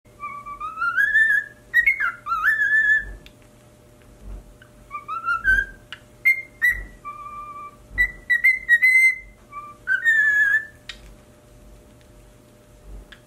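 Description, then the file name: Cockatiel whistles in separate bursts: rising slurred notes, a few wavering phrases and brief level tones, with quiet gaps and faint knocks between them. "Cockatiel Singing"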